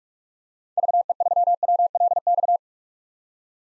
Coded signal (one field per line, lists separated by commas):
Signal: Morse code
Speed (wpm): 46 wpm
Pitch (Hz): 700 Hz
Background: none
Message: VE3WLX